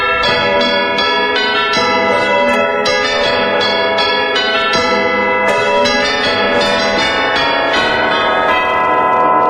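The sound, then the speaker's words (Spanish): A village church bell rings over and over in a loud, continuous peal, overlapping strikes blending into a dense metallic wash of ringing tones with no talking, in an Argentine radio advert for Rexona deodorant. “Tocar la campana de la iglesia del pueblo te lleva 5 minutos. Rexona te protege 576 campanadas sin transpirar. Lo que sonaría más o menos así.”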